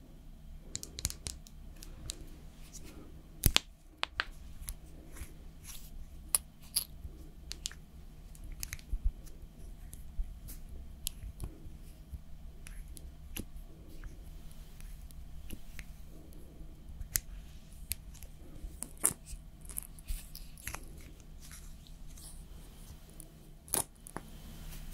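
Slow makeup application with personal attention: small sharp clicks and taps land every second or so, with a louder snap near four seconds. A low steady hum runs underneath throughout, and faint soft rustles and brushing sounds fill the quieter gaps.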